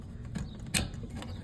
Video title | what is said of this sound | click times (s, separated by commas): June 9, 2026 | Listen for that click, and let's get your bolts on. | 0.8 s